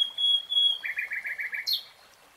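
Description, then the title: Nightingale song: a sustained high whistle followed by a rapid run of six identical buzzy notes and a final sharp note. Nightingale singing, in real time. "[Tiếng chim hót] 3 Hours REALTIME Nightingale Singing"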